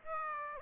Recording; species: mosquito wingbeat signal from an infrared sensor; Aedes aegypti